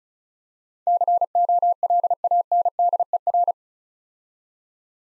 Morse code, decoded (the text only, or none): COLANDER